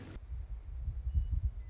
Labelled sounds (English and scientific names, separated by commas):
Western Meadowlark (Sturnella neglecta)